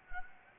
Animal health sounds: mosquito wingbeat signal from an infrared sensor; Anopheles gambiae

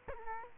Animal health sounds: mosquito wingbeat signal from an infrared sensor; Culex quinquefasciatus

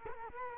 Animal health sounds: mosquito wingbeat signal from an infrared sensor; Culex quinquefasciatus

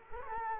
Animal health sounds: mosquito wingbeat signal from an infrared sensor; Culex quinquefasciatus

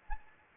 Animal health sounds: mosquito wingbeat signal from an infrared sensor; Anopheles arabiensis

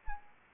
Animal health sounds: mosquito wingbeat signal from an infrared sensor; Anopheles arabiensis

